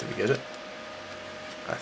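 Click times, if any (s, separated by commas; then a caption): 1.7 s. Someone talks as the resin/plastic chassis of a 1/25 AMT 2017 Camaro SS 1LE model car is pressed into a C1 Models resin Camaro shooting-brake body shell. A faint snap is heard at 1.7 s, and the chassis is seated, snapping in correctly on the first try.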